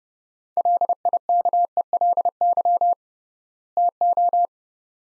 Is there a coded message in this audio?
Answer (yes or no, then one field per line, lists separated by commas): yes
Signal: Morse code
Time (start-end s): 0.6-4.5 s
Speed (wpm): 30 wpm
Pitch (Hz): 700 Hz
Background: none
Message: LIKELY TO